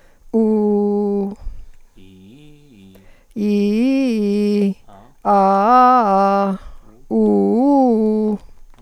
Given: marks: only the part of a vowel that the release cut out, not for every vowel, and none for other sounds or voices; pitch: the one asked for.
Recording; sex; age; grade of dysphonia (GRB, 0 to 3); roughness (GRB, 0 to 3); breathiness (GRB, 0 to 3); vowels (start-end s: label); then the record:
sustained vowels; female; 50 to 59 years; 0; 0; 0
0.41-1.08 s: vowel /u/, low pitch
3.52-4.51 s: vowel /i/, low-high-low pitch
5.39-6.39 s: vowel /a/, low-high-low pitch
7.14-8.24 s: vowel /u/, low-high-low pitch
From the record:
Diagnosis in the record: psychogenic dysphonia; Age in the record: 58 years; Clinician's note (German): Ponogen